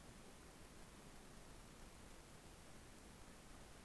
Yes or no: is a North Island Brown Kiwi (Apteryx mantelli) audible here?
no